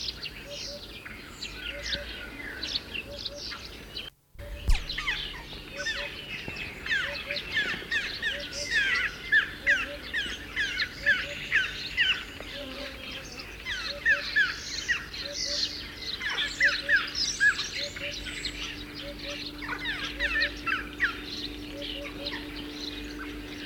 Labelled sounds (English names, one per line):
Western Jackdaw call